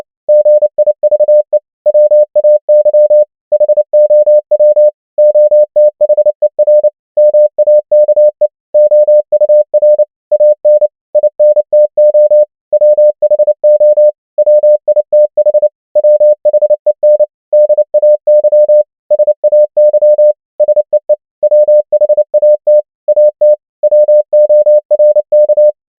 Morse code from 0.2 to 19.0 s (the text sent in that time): GIVE WAY HOW OTHER MAKE OUR AN INTO WHO WITH WHEN DAY